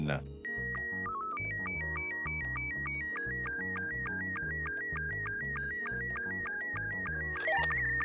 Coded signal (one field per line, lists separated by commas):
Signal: SSTV (slow-scan television)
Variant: Robot 72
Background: speech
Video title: Understanding Slow Scan TV (4K, Ad-Free Version)